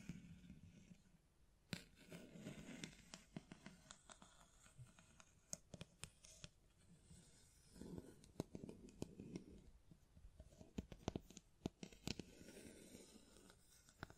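Hands tap, scratch and brush against a microphone in an irregular stream of sharp clicks and rustles. Louder taps land around two, five to six, and eleven to twelve seconds, while soft low rubbing swells underneath, strongest near the start and around eight to nine seconds.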